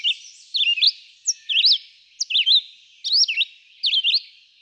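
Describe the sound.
Red-eyed vireo giving several short slurred whistled phrases spaced by brief silences.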